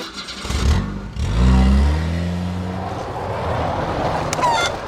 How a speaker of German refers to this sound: Also hatten Suchanek und Susi an diesem gleißenden Samstag im August in Wulzendorf um 10.17 Uhr Susis Auto gestartet.